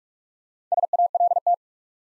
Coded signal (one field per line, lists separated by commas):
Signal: Morse code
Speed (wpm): 44 wpm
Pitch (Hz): 700 Hz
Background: none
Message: SALT